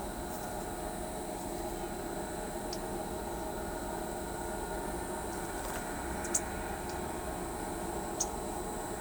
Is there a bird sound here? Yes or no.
no